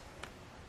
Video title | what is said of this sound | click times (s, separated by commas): etrailer - Is the Saris Glide EX Bike Rack for 4 Bikes Compatible with the 2018 Honda CR-V? | going to lock into the slot | 0.2 s